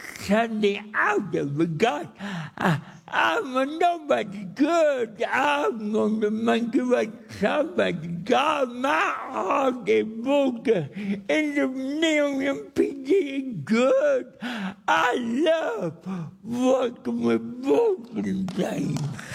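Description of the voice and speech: An adult man with cerebral palsy speaks slowly and effortfully. His vowels are drawn out, his consonants are blurred or dropped, and his pitch swings widely, so many words are hard to make out. The speech is dysarthric, from the motor speech disorder of cerebral palsy.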